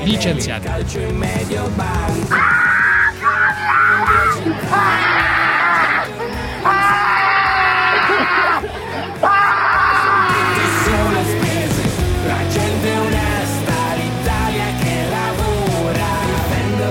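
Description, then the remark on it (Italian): A Roma woman locked inside a small cage at a Lidl supermarket screams in a series of long, shrill, high-pitched wails, several loud bursts in a row, over a constant background of other voices and noise. “Erano le urla della Rom dentro il gabbiotto.”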